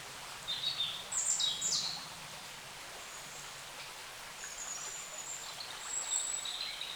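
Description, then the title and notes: Birds with a brief cluster of high chirps early on, then fainter thin whistles later, over steady background noise. Wild birds in forest along a small branch of the Dordogne at the exit of Carennac, France; recorded with a Zoom H5 and XYH-5 microphone. "Carennac - Oiseaux de la Dordogne. Oiseaux Loire forêt Carennac. A la sortie de Carennac, le long d'un petit bras de la Dordogne, les oiseaux dans la forêt Zoom H5 + XYH-5"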